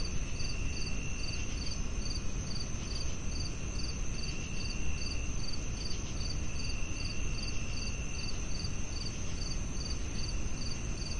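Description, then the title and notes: Crickets chirping: short high pulsed chirps repeated in a rapid even rhythm, over a steady high ringing tone and dense low noise. Night soundscape of chirping crickets with added white noise. "the rhythmic melody of chirping crickets"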